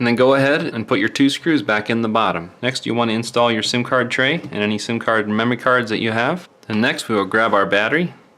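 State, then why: Not seated. Someone talks throughout while reassembling an LG G5 smartphone, getting ready to push the modular battery, a plastic bottom slide, into the phone's bottom slot. Only speech is heard, with no distinct clicks or snaps. The battery has not yet gone in, and nothing has seated or clicked yet.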